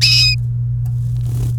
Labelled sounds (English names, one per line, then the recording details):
Domestic Canary song
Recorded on 28 April 2018 at 14:13
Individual llb3